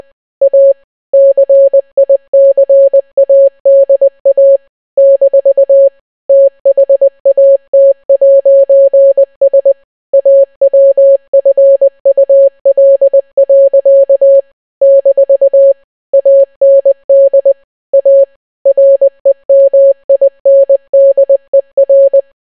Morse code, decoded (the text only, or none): A CICADA - THAT'S AWFUL. - AND A REMINDER